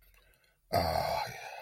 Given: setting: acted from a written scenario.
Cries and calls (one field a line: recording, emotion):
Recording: vocal sound without words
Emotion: romantic love